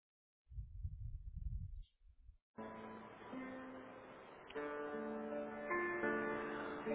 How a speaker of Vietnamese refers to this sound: Mời các bạn ngồi ngay ngắn nghe 3 tiếng chuông để chúng ta sẽ kết thúc và pháp thoại.